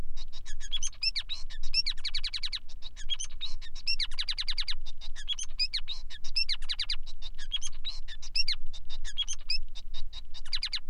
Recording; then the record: song of a male Bengalese finch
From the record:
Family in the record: son of father 5